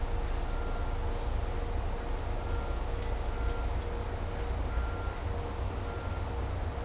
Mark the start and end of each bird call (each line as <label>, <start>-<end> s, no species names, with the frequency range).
bird call (1.0-1.9 kHz), 0.49-0.85 s
bird call (1.1-2.0 kHz), 2.43-2.77 s
bird call (1.0-1.9 kHz), 3.34-3.65 s
bird call (1.1-2.0 kHz), 4.68-5.14 s
bird call (1.2-1.9 kHz), 5.80-6.20 s